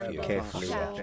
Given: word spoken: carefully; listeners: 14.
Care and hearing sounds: one English word in noise, from a listening test; four-talker babble; 0.1 dB; 1 of 14; 8 of 14; 0.63 s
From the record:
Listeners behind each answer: 8, 3, 1, 1, 1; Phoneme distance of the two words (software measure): 41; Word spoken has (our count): 3 syllables, 6 phonemes, stress on syllable 1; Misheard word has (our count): 1 syllable, 3 phonemes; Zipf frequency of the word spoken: 4.58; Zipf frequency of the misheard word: 4.65

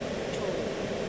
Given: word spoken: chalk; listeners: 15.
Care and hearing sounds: one English word in noise, from a listening test; speech-shaped noise; -7.0 dB; 0 of 15; 6 of 15; 0.69 s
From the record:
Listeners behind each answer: 6, 2, 1, 1, 1, 1, 1, 1, 1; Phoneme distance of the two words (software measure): 27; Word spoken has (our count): 1 syllable, 3 phonemes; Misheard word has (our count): 1 syllable, 2 phonemes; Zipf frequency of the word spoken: 3.87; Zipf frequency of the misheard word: 4.39

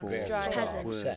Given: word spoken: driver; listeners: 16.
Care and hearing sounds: one English word in noise, from a listening test; four-talker babble; -2.8 dB; 1 of 16; 15 of 16; 0.76 s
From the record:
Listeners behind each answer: 15, 1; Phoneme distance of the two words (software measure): 50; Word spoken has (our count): 2 syllables, 5 phonemes, stress on syllable 1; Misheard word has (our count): 2 syllables, 5 phonemes, stress on syllable 1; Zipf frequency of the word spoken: 4.71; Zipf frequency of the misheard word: 3.43

